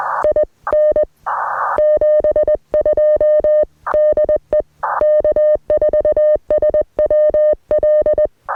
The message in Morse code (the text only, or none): IN 72 DE K4SWL